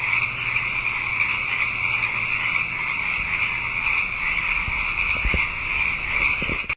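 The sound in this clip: Frogs calling in a dense, continuous high-pitched chorus that holds steady throughout, with a few faint low thumps near the end.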